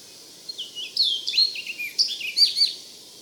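Orchard oriole singing a quick, varied run of whistled notes, sweeping up and down in jumbled phrases.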